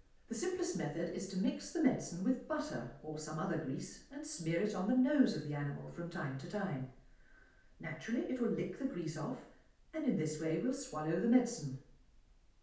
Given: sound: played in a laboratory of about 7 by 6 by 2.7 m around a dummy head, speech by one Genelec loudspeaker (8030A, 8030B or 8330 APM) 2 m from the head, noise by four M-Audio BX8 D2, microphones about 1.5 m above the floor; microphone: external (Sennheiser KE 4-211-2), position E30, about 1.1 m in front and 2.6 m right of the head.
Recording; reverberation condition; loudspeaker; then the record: female speech in English; medium; 90 degrees to the left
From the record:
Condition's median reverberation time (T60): about 510 ms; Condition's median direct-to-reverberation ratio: about -0.5 dB